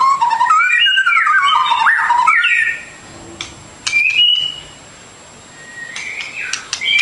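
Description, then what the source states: Bird song, a dense burst of sweeping whistles for nearly three seconds, then a quiet gap broken by a few short clear whistled notes. Masteran training recording of bird song, complete version.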